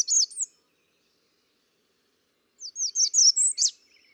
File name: American Redstart